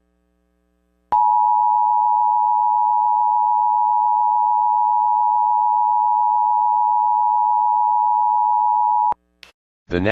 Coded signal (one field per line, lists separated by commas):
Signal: Emergency Alert System (SAME) tones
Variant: 853 and 960 Hz attention tone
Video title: EAS MOCK 1 FLASH FLOOD WARNING FOR ABBEVILLE SC AND GREENWOOD SC